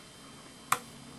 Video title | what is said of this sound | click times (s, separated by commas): Dental Torture Device? How Does An Old WaterPik® Teeth Cleaning Machine Work? | you heard the click then. It got past the groove | 0.7 s